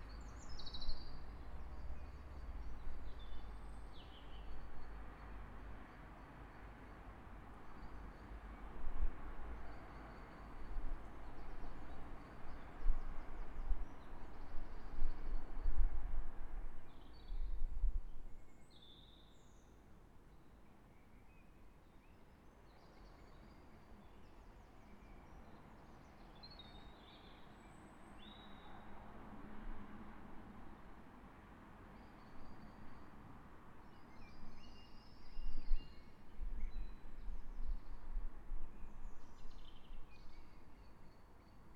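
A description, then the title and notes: Birds sing in short, scattered bursts of chirps and whistles over a steady, distant low hum of traffic. The rumble swells and gusts heavily for the first eighteen seconds, then eases to a quieter wash before building again near the end. An Hour of City Birdsong. A relaxing hour of sounds reecorded in a park in Brighton. Enjoy the white-noise ambience of birds singing and the distant low hum of sleepy daytime traffic.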